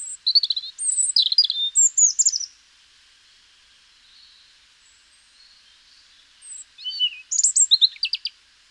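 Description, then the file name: European robin singing two bursts of high, varied, twittering phrases with rapid slurred notes, separated by several seconds of near silence. "Erithacus rubecula"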